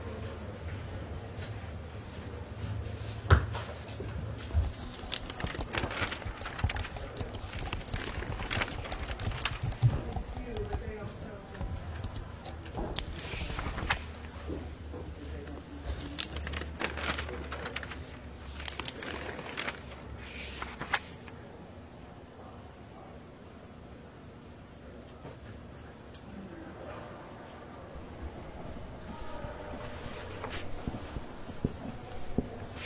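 Library ambience with the rustle of turning pages and scratching of writing, plus occasional taps that could be typing. Bursts of paper noise cluster in the first twenty seconds, then it quiets; a low hum and faint murmur run underneath throughout.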